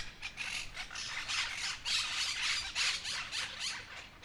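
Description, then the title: Monk parakeet flock calling, loud grating squawks tumbling over one another in quick bursts, several birds at once. Noisy group of birds chattering together for a while in a town street, Humanes de Madrid, Madrid, Spain; recorded with a Zoom H1n recorder. "Calle Lavadero, 3, 28970 Humanes de Madrid, Madrid, España - Grupo de Cotorras Argentinas [Myiopsitta monachus]"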